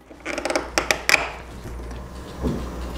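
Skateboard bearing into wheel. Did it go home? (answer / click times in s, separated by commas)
yes / 1.1 s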